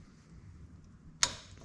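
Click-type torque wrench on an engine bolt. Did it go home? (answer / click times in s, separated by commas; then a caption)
yes / 1.2 s. A click-type torque wrench tightens an engine bolt during head installation on a John Deere STX38. After ratcheting, the wrench gives a single sharp click at 1.2 s and the sound quickly fades, confirming the bolt reached the torque setting.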